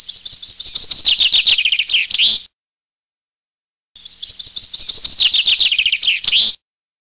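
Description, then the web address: Common chaffinch song, two phrases separated by a quiet gap of about a second and a half, each a rattling descending series of chirps ending with a flourish. Filtered. "FILTERED FRINGUELLO"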